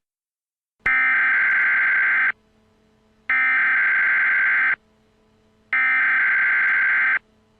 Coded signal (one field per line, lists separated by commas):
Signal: Emergency Alert System (SAME) tones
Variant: header bursts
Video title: Emergency Alert System: "Send in the Clowns"